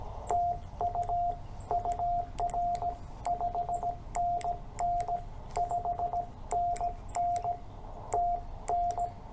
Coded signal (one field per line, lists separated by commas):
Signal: Morse code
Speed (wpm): 17 wpm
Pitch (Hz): 700 Hz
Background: radio noise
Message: TU UR 5NN 5NN TN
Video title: CW Copy Practice With W4EMB 7 July